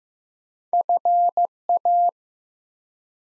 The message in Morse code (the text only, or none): FA